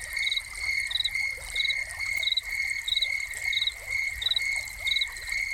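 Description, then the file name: Crickets chirping: a steady high ringing tone under quick pulsed chirps, over a constant splashing wash of fountain water. Crickets with a fountain. "Crickets and Fountain"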